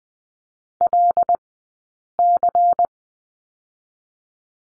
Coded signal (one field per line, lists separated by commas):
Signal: Morse code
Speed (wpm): 20 wpm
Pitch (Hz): 700 Hz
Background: none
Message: LC